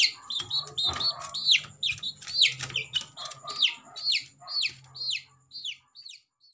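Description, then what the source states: Chick peeping: high, arching cheeps in an irregular series, fading and thinning toward the end, with soft hum and clicks. Baby chick.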